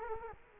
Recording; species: mosquito wingbeat signal from an infrared sensor; Culex quinquefasciatus